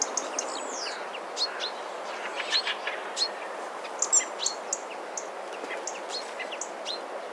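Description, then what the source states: Birds chirping and twittering, a loose mix of short high notes and brief trills scattered throughout, with a constant hiss behind. Autumn birdsong soundscape.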